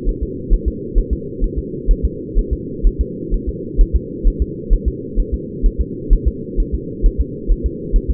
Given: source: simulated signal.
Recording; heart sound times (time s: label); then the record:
fetal heart sounds
0.09 s: S1
0.23 s: S2
0.53 s: S1
0.68 s: S2
0.98 s: S1
1.13 s: S2
1.44 s: S1
1.59 s: S2
1.91 s: S1
2.05 s: S2
2.39 s: S1
2.53 s: S2
2.87 s: S1
3.01 s: S2
3.34 s: S1
3.49 s: S2
3.81 s: S1
3.96 s: S2
4.27 s: S1
4.42 s: S2
4.73 s: S1
4.88 s: S2
5.20 s: S1
5.34 s: S2
5.66 s: S1
5.81 s: S2
6.13 s: S1
6.28 s: S2
6.60 s: S1
6.75 s: S2
7.06 s: S1
7.21 s: S2
7.51 s: S1
7.66 s: S2
7.96 s: S1
8.11 s: S2
From the record:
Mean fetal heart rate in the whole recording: 130 bpm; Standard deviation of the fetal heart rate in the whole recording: 4 bpm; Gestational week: 38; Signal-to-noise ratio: -4.1 dB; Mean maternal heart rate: no maternal heart sound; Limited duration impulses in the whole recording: absent